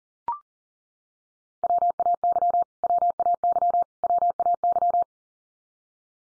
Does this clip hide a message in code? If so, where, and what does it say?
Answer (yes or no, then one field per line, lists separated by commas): yes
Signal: Morse code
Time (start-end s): 1.6-5.0 s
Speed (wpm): 40 wpm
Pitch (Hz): 700 Hz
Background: none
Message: WAY WAY WAY